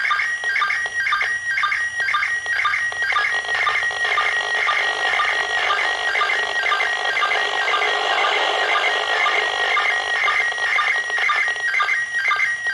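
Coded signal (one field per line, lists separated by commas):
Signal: SSTV (slow-scan television)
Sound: warbling high tones buried in hiss, with short low sync chirps about twice a second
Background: radio static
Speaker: when I was about to switch to the other an now there was a e [Applause] [Applause] even with this very limited setup a part of the image could be seen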